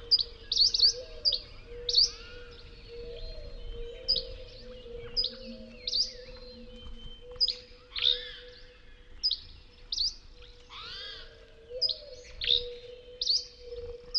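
Birds chirp and whistle in quick repeated bursts every second or so over a steady low hum and faint rumble throughout.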